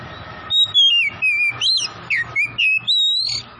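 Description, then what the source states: Oriental magpie-robin singing a rapid string of bright, sweeping whistles that rise and fall in quick succession against a low background hum. Tretes kacer singing vigorously, described as gacor.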